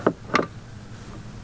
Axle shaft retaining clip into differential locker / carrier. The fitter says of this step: over here on this side and it should click in all right so then I got that one in